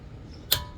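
A click torque wrench set to 80 pounds is tightened on a wheel lug nut of a 2017 Nissan Murano during a brake replacement. After a low, steady background, a single sharp, bright click sounds at 0.5 s. The wrench clicks, confirming the lug nut has reached 80 pounds of torque.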